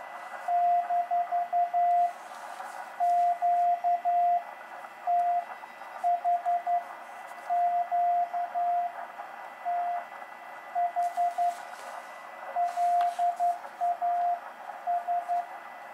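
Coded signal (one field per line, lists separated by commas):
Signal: Morse code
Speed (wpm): 11 wpm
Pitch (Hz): 700 Hz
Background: radio noise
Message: - QTH QTH LAS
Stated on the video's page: Portable contact keyed with a Begali Traveler CW paddle, running 100 W from a Bioenno battery.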